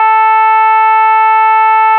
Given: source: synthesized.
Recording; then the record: sustained vowel /a/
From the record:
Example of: shimmer, setting 2